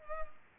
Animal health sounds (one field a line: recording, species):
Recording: mosquito wingbeat signal from an infrared sensor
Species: Culex pipiens